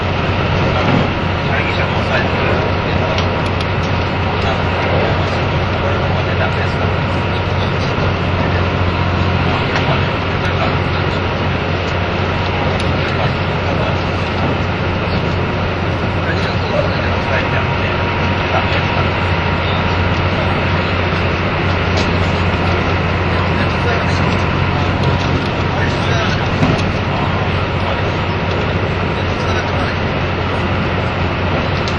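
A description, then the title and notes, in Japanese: Running noise of a train travelling from Nagoya to Toyama: a steady, dense low rumble and whir with faint voices mixed in throughout. キハ85系 ひだ01号01 名古屋～(飛騨金山)。2007年当時最速のスジとなる”ひだ01号”を収録したものです。走行音(音の旅) 1021,キハ85系 ひだ01号。名古屋～富山。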